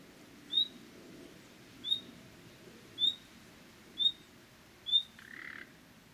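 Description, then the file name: Common nightingale calling: five clear, high whistles about one second apart, followed by a soft rasping croak. "Luscinia megarhynchos"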